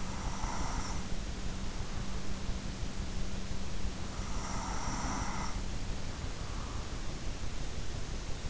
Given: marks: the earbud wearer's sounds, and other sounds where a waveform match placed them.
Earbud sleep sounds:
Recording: sounds in sleep by an in-ear microphone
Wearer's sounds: breath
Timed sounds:
0.00-2.44 s: breath
4.15-7.20 s: breath

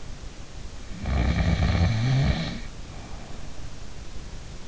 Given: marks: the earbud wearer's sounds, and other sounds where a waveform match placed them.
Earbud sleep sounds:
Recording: sounds in sleep by an in-ear microphone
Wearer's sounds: snoring breath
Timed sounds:
0.87-3.55 s: snoring breath

